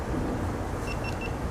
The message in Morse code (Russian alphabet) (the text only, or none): none